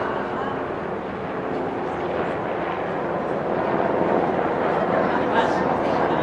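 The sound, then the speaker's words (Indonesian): A helicopter drones overhead as a steady, broad rumbling roar that swells slightly louder toward the end, with indistinct voices murmuring underneath. “Helikopter.”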